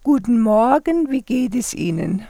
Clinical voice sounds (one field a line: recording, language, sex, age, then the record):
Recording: spoken sentence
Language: German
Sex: female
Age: 50 to 59 years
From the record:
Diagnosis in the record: recurrent laryngeal nerve paralysis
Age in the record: 51 years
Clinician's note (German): Alte rechts mit Kompensation; geringe Bewegungseinschrängkung